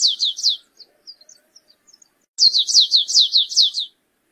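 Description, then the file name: Stripe-tailed yellow finch: the end of one song and some soft scattered high notes, then a complete song of rapid, sharply descending slurred notes after a short silence. "canto do canario rasteiro"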